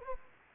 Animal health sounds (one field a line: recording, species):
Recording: mosquito wingbeat signal from an infrared sensor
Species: Anopheles gambiae